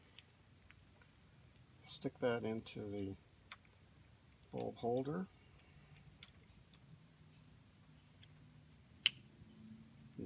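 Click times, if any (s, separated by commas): 9.1 s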